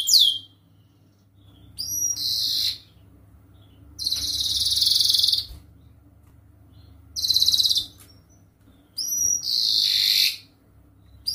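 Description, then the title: Canary song in short bursts of buzzy, rolling high trills of varying length, separated by brief silences, over a faint low hum. Canary singing nonstop ('gacor') with elaborate 'cengkok' phrasing and rich 'isian' fill, for training birds. "Kenari Gacor Cengkok Terbaik Isian Paling Mewah Kenari"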